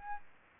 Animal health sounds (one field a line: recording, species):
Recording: mosquito wingbeat signal from an infrared sensor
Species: Aedes albopictus